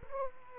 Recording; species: mosquito wingbeat signal from an infrared sensor; Aedes aegypti